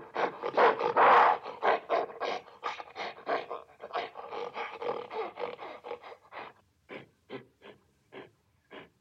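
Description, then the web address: Gorilla panting calls: rapid rhythmic breathy pulses, a louder burst near the start, then thinning to spaced, quieter pulses. "горилла"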